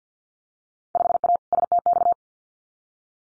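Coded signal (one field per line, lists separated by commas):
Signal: Morse code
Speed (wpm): 50 wpm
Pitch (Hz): 700 Hz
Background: none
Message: 5A STX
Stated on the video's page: Morse head-copy drill of randomly selected Field Day exchanges at 50 wpm.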